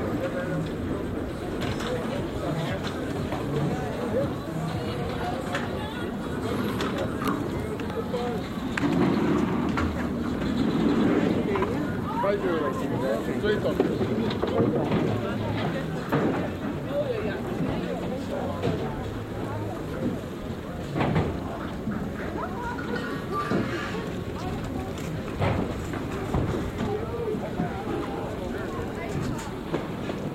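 Crowd chatter fills a Rotterdam city square, a steady murmur of overlapping voices with occasional clatter and passing vehicles behind.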